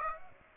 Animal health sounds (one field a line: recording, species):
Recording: mosquito wingbeat signal from an infrared sensor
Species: Aedes aegypti